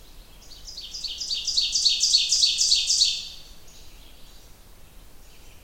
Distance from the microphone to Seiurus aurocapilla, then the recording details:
about 15 m. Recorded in boreal forest in Alberta, Canada, on 29 June 2016 at 06:53. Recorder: SongMeter 3, array SBT-6-79. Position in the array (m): 16 m, 117 m. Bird 40